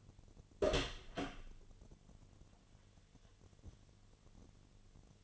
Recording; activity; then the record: daily activity, microphone in the room; open door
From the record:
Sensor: 4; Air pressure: 1008.4 hPa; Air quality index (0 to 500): 171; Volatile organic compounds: 5 ppm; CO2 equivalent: 1718 ppm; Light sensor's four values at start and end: 25/79/30/29 and 23/73/28/26